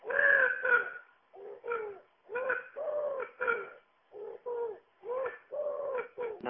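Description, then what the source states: Common wood pigeon cooing, soft low hooting notes in short bursts with brief pauses between groups, over several seconds. Common bird, often heard but not always seen.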